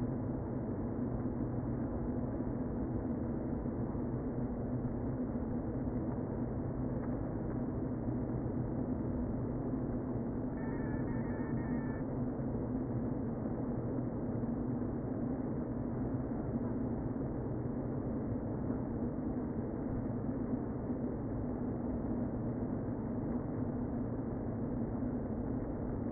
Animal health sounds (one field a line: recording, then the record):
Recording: honeybee colony, microphone inside the hive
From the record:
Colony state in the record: queen present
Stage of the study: before two queens were removed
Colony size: about 60,000 bees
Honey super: yes